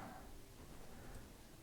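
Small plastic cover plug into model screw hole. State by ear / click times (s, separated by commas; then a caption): not seated / none. A small plastic cover plug is handled and pressed toward a screw hole on a DeAgostini ISS model, meant to cover the screw. Only low, steady handling noise is heard, with no sharp snap. Nothing has seated or clicked yet.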